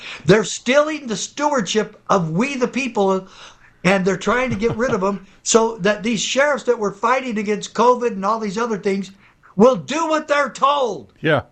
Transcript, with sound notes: They're stealing the stewardship of we, the people, and they're trying to get rid of them.
(laughs)
So that these sheriffs that were fighting against COVID and all these other things will do what they're told.